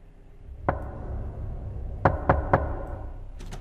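Knocking on a wooden door at night: one sharp rap, a pause, then three quick evenly spaced knocks and a softer pair at the end, all over the steady low rushing of wind.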